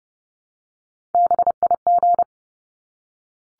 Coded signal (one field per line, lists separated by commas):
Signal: Morse code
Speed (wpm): 30 wpm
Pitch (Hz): 700 Hz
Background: none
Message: BIG